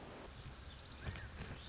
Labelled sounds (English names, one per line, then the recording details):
Pacific Wren
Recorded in Sonoma County, California